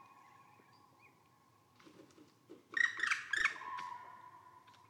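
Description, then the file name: Common Crane trumpeting calls, a burst of loud notes coming in after a quiet start. Flight calls. "ccrane grus. whbruch"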